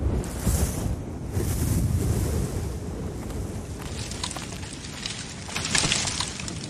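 Strong spring wind roars and gusts steadily over sandy land planted with young tree saplings, uprooting them, with no voices, a broad rushing noise that buffets the microphone and swells again in a louder surge near the end.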